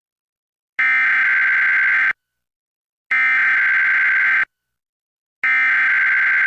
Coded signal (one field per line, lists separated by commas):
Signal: Emergency Alert System (SAME) tones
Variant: header bursts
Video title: EAS #1042-1044: 3 EAS Required Monthly Tests- Jan. 7, 2025- 10:15AM PST